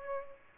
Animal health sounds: mosquito wingbeat signal from an infrared sensor; Aedes aegypti

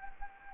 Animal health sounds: mosquito wingbeat signal from an infrared sensor; Anopheles arabiensis

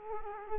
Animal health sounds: mosquito wingbeat signal from an infrared sensor; Culex quinquefasciatus

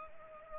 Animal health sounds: mosquito wingbeat signal from an infrared sensor; Culex pipiens

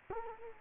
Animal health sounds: mosquito wingbeat signal from an infrared sensor; Culex quinquefasciatus

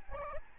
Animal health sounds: mosquito wingbeat signal from an infrared sensor; Aedes albopictus

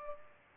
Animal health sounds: mosquito wingbeat signal from an infrared sensor; Culex pipiens

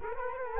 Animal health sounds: mosquito wingbeat signal from an infrared sensor; Culex quinquefasciatus

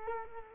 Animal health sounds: mosquito wingbeat signal from an infrared sensor; Culex quinquefasciatus

